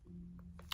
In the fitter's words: kind of until it snaps you can hear it kind of snap